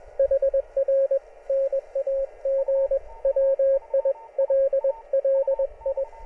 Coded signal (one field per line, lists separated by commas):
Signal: Morse code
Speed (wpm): 21 wpm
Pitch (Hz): 560 Hz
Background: radio noise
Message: HR NAG WILLI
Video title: HAM Radio Drone Antenna.